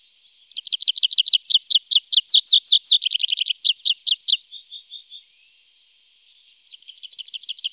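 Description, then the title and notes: Tree pipit singing a long phrase of rapid repeated notes in several changing series, fading into softer notes, with a new trilled phrase starting after a short pause. Recorded in Germany, Austria and Switzerland. "Baumpieper - Tree Pipit. Sounds of birds from Germany, Austria, Switzerland"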